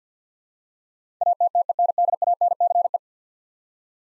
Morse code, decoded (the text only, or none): ATTENDANCE